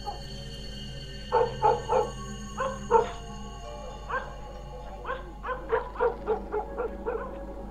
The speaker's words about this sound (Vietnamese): Ở bên ngoài tiếng gió xào xạc, tiếng chó cắn ma cứ ong ong trong đêm đến rộn ràng cả xóm. Mà kỳ lạ lắm, chó cắn ma cứ từ đầu xóm mà dội về một lượt, rồi dường như tập trung về khu vườn ở ngay chỗ ngôi miếu Quan Đông vậy.